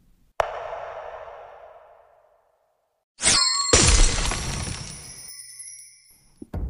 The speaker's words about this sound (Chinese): 镜面被打碎